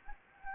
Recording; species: mosquito wingbeat signal from an infrared sensor; Anopheles gambiae